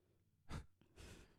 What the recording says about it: I can hear the dog snoring in the other room. Yeah, there she is.